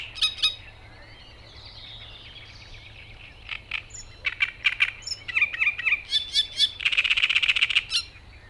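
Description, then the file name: Great reed warbler song, a brief opening burst and a quiet spell, then rasping, croaky syllables in bursts and a fast churring sequence near the end. "Drosselrohrsaenger Gesang"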